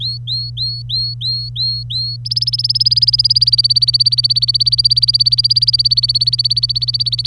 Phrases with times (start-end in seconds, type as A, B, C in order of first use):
0.00-2.16 A, 2.25-7.27 B